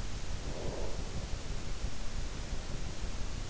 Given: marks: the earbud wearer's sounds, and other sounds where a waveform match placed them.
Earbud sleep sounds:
sounds in sleep by an in-ear microphone; breath
0.40-3.48 s: breath

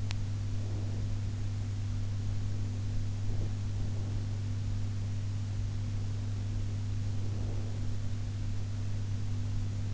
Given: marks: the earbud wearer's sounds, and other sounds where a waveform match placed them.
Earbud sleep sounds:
sounds in sleep by an in-ear microphone; teeth grinding
0.00-0.24 s: teeth grinding

